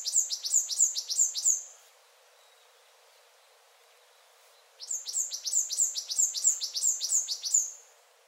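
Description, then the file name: Iriomote tit calls: rapid series of thin, high, downslurred notes in two bouts separated by a few seconds of quiet. Ishigaki, Japan, 3 January 2023. "oriiyamagara ishigaki someyas"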